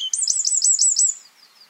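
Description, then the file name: Eurasian wren giving a rapid run of high, loud trilled notes, ending in a thin fading whistle. "Troglodytes troglodytes"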